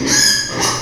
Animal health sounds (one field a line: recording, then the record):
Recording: squeal of a Yucatan mini pig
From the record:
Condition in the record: before surgery on the right vocal fold (resection and tissue-engineered implant)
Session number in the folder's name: 2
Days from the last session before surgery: 0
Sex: male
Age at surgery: 12 weeks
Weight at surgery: 13 kg